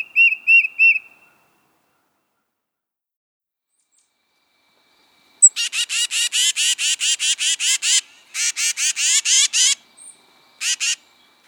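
Tufted titmouse calls: four short whistled notes, then a long run of harsh, raspy buzzes repeated rapidly in two bursts, with a few more rasps after a pause.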